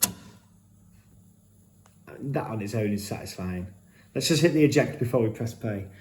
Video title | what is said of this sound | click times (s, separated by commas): This 1970’s Leak 3007 Tape Deck Is A Vintage Beauty! | And then we got to slide it up until we hear a click and the unit bites. It drops into place. | 0.0 s